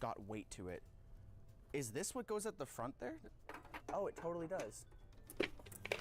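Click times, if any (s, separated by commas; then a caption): 5.9 s. Someone talks while fitting a loose front piece of stamped sheet steel onto the front of a sample PC case chassis, with a few light handling taps just before it goes on. It snaps home with sharp clicks at 5.9 s and 5.9 s, and the front piece is seated in place.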